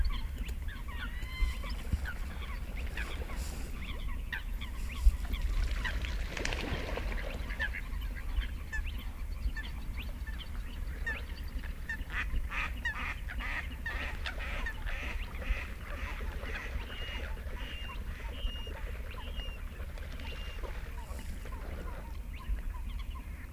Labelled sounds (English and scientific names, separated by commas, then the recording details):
Eurasian Coot (Fulica atra) call
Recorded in the wild
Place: Kützerhof, Kummerower See, Mecklenburg-Vorpommern, DE
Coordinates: 53.8506, 12.8625
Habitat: wetland
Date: 2009-05-07 22:14
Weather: bedeckt, windstill, ca. 10°C
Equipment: Sound Devices 702, Sennheiser MKH 70, Rycote Windschutz
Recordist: Frommolt, Karl-Heinz